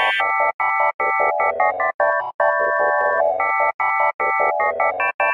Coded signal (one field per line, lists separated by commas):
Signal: none